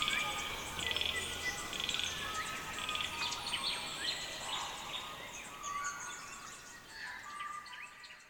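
Chorus of birds with repeated chirps and short whistled phrases, fading out at the close.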